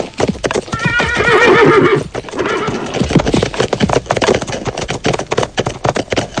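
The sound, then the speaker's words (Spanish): A horse, as riders mount up, lets out a loud, wavering, high-pitched whinny for about a second, while hooves clip-clop in a steady, quick rhythm from start to finish. “Montamos a caballo”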